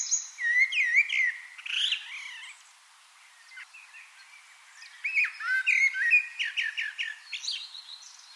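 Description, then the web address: Common blackbird song: fluted warbling phrases ending in squeaky high twitters, two bursts separated by a quieter pause. "pub SETE data Turdus merula"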